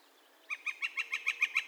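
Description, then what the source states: Northern flicker calling: a quick burst of about nine sharp, ringing notes at a fast, steady pace after a short pause. Calls; recorded 2 May 2020.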